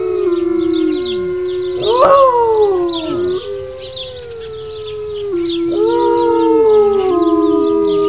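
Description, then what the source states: Coyote chorus: overlapping howls that rise sharply, then slide down, mixed with steady tones and busy high yipping in the background. Chorus howling by several coyotes.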